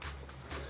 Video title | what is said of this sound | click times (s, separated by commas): CHEVROLET CRUZE SONIC EXHAUST VVT SOLENOID REPLACEMENT REMOVAL. CODE VVT SOLENOID CHEVY CRUZE SONIC | Okay, you plug it in, you hear one click, | 0.0 s